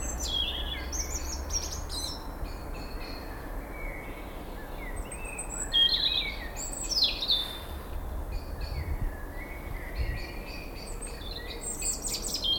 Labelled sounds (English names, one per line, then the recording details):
European Robin song
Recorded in the wild
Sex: male
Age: adult
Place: Mühlenbeck, Brandenburg, DE
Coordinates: 52.67, 13.38
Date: 1995-05-01 20:48
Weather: heiter 12°C
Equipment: Marantz CP 430, Sennheiser ME 80, Kopie Uher 4000 Report Monitor
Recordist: Tembrock, Günter